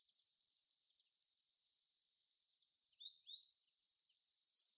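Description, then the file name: European robin call: a few faint thin notes midway, then one louder high sharp call at the end, over light hiss. "Erithacus rubecula"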